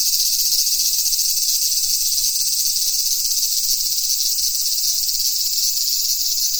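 Cicada song, a harsh high-pitched buzz that pulses rapidly and continuously.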